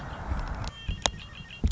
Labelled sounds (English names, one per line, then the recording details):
Red-winged Blackbird
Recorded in Sonoma County, California